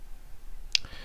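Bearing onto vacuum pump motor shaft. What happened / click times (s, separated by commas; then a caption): The metal part was tapped fully home / 0.7 s. A bearing is tapped onto a vacuum pump motor shaft with a final sharp hammer tap, heard as a crisp bright click at 0.75 s followed by a faint softer knock at 0.85 s over quiet low background noise. The bearing is fully seated, pressed completely home on the shaft.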